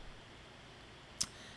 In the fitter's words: you turn it around it clicks right in